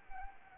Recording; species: mosquito wingbeat signal from an infrared sensor; Anopheles arabiensis